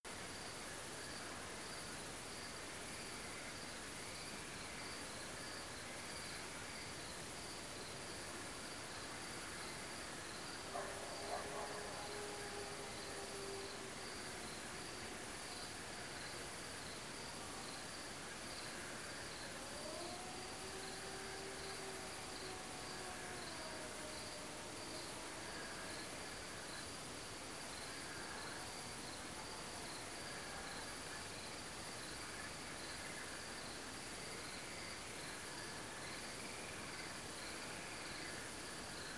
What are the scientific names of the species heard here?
none